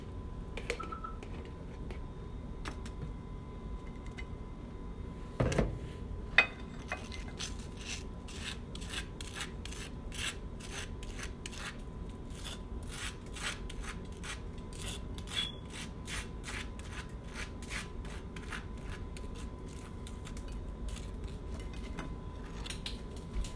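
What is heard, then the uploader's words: Someone prepares food, making an egg sandwich and tea. After a couple of sharp knocks around the sixth second, a quick, fairly regular run of crisp scraping clicks continues to the end over a steady low hum and a faint constant tone. I make a egg sandwich and a cup of tea.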